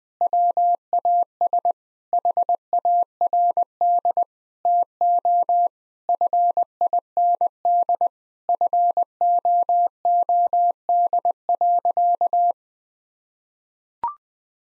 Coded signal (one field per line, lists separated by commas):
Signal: Morse code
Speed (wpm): 21 wpm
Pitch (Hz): 700 Hz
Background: none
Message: WAS HARD TO FIND FOOD.